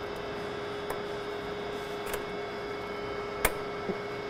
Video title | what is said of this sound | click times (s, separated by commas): S&B 40 Gallon Replacement Fuel Tank Installation for the 2020-2023 WINNEBAGO REVEL (2019+ CHASSIS) | that audible click we'll push to lock and | 3.5 s